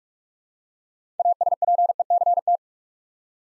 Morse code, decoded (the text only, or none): ASPECT